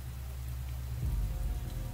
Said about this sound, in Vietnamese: Dưới ánh sáng của phủ châu, hắn nhìn rõ cơn mưa kia có màu đỏ sẫm như là máu. Mưa máu không ngừng rơi xuống.